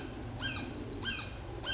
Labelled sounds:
Blue-gray Gnatcatcher (Polioptila caerulea)
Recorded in Sonoma County, California

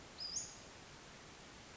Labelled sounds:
Western Flycatcher (Empidonax difficilis)
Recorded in Sonoma County, California

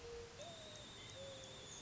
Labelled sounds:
Mourning Dove (Zenaida macroura)
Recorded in Sonoma County, California

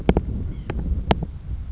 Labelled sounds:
White-breasted Nuthatch (Sitta carolinensis)
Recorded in Sonoma County, California

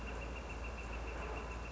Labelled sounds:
Northern Flicker (Colaptes auratus)
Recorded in Sonoma County, California

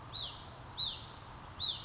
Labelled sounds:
Hutton's Vireo (Vireo huttoni)
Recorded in Sonoma County, California

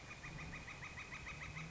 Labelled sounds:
Northern Flicker (Colaptes auratus)
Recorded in Sonoma County, California

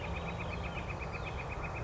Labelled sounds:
Northern Flicker (Colaptes auratus)
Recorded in Sonoma County, California

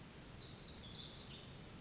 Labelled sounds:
Pacific Wren (Troglodytes pacificus)
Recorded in Sonoma County, California

